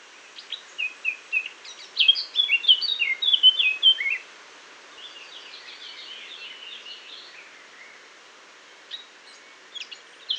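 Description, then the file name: Eurasian blackcap: songbird warbling: a burst of rapid fluty whistles and chatter for a few seconds, then a quieter stretch of soft twittering and brief high notes. "Sylvia atricapilla"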